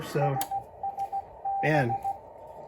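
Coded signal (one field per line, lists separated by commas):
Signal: Morse code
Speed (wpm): 16 wpm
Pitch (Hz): 790 Hz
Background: speech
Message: SSB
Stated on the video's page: Kenwood TS-520S modified to use both wide and narrow CW filters.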